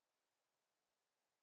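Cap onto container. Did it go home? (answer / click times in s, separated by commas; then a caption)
no / none. A cap is pressed firmly onto its container to close it properly, but only a steady, faint broadband hiss is heard, with no distinct sounds for the full 1.5 seconds. The cap is still being handled and nothing has seated or clicked yet.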